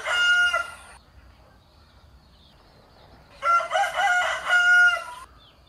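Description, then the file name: Rooster crow, a short harsh burst at the start followed by a longer strained crow with wavering held notes after a pause. "tieng ga gay"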